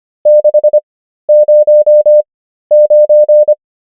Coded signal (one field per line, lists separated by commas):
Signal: Morse code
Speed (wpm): 25 wpm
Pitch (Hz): 600 Hz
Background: none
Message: 609